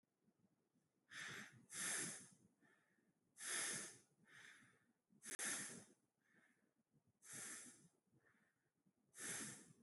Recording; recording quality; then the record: shallow breathing; excellent, no background noise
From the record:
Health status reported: healthy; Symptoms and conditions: none ticked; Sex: male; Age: 25 years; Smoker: not ticked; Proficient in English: yes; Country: India